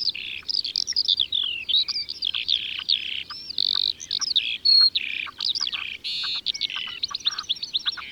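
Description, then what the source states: Eurasian skylark song, a tumbling flow of buzzy warbles, whistled slurs and sharp chirps, pouring on without a break. Recorded in Ardèche, France.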